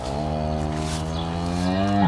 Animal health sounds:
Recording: contact call of a hoofed animal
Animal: cattle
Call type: low-frequency (closed-mouth) or high-frequency (open-mouth) call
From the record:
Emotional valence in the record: negative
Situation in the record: full separation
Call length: 2.1 s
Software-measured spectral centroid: 2500 Hz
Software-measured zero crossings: 1870 a second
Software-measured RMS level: -24 dBFS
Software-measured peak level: -7 dBFS

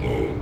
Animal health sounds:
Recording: contact call of a hoofed animal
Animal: pig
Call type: closed-mouth grunt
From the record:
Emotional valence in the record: negative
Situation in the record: short social isolation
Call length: 0.41 s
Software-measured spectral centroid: 1330 Hz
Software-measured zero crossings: 900 a second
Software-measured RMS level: -24 dBFS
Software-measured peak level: -12 dBFS

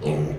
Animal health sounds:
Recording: contact call of a hoofed animal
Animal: pig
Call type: closed-mouth grunt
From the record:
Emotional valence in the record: negative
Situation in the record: short social isolation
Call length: 0.39 s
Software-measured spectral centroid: 1660 Hz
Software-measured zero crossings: 750 a second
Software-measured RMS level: -24 dBFS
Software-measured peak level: -12 dBFS

